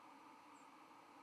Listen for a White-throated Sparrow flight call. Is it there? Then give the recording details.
no. Another species' flight call is heard. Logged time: 06:14 on 31 October 2014